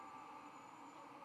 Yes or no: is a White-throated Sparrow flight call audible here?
no